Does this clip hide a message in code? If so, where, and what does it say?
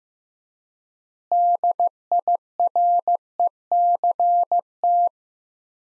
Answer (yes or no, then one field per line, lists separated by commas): yes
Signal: Morse code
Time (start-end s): 1.3-5.1 s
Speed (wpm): 16 wpm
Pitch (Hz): 700 Hz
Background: none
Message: DIRECT